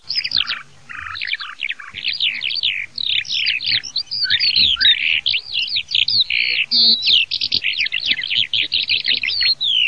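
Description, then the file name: Eurasian skylark song, a long, unbroken stream of rapid, high, twittering and trilled phrases that rise and fall without pause after a brief gap near the start. "allodolafausto"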